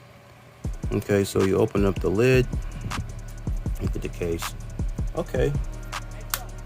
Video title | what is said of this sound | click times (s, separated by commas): Cleer Audio Roam NC unboxing | think that yeah you can feel that lock into place good | 6.3 s